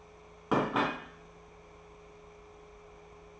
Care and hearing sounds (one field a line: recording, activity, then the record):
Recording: daily activity, microphone in the room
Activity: place plate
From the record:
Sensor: 1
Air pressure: 1015.0 hPa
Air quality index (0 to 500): 202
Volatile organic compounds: 26 ppm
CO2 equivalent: 2854 ppm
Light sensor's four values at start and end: 26/63/27/32 and 26/64/27/32